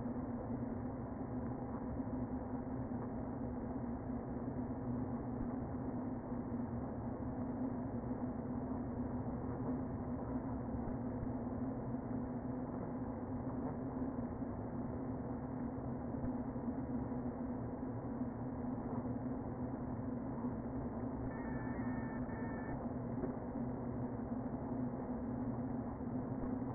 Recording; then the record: honeybee colony, microphone inside the hive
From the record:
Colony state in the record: queen present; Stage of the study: before two queens were removed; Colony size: about 60,000 bees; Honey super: yes